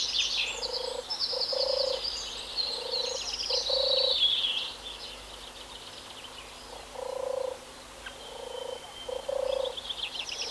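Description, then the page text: European turtle dove purring in short, low, rolling bursts, repeated in short runs, while other songbirds twitter and whistle higher up. Cooing turtle dove. "European Turtle Dove (Streptopelia turtur). Koerende zomertortel"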